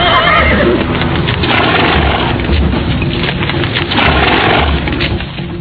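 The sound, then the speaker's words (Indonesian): A horse neighs loudly and harshly, its whinny rising and falling over nearly six seconds, with a rough, noisy texture and faint low thumps underneath. No one speaks. “Sekarang mereka berdua sudah duduk di atas kuda.”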